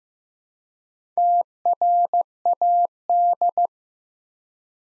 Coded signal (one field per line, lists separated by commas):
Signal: Morse code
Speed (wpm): 15 wpm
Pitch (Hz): 700 Hz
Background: none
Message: TRAD